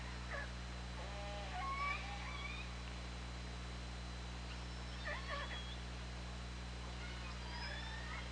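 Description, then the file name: Killer whale calls, several harmonic tonal sounds sweeping up and down, in bursts near the start, middle and end, over steady low hum and hiss. OrcaLab hydrophone recording, 24 August 2017, 20:21:32. "Orca Lab JASON 20170824 202132"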